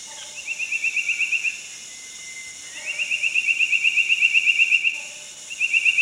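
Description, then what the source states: Asian paradise flycatcher calls: fast, regular buzzy rattles of many notes, repeated three times, with softer lower notes between and steady background hiss. Calls and song at Danum.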